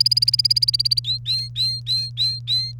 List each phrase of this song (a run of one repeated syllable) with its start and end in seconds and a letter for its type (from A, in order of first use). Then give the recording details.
0.00-1.00 A, 1.04-2.72 B. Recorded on 1 May 2018 at 10:09. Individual llb3